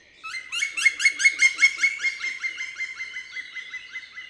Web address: pic noir. oiseaux de nos forets